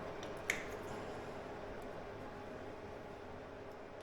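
A metal circlip is worked into its groove on the oil pump drive shaft of a Royal Enfield Himalayan during a fix for an oil pump rattle. A single sharp metallic snap is heard at 0.5 s over steady background noise. The circlip seats in the groove.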